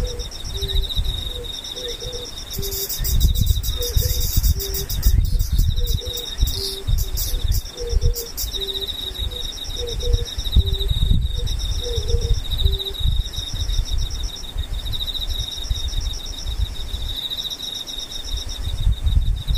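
Insects trill steadily in high, pulsing bands, with a lower repeated chirping for the first thirteen seconds over a rumbling low background.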